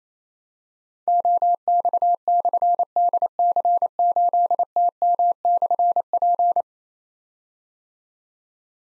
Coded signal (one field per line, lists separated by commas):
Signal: Morse code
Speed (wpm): 27 wpm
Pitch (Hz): 700 Hz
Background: none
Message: OX/DC8TM/P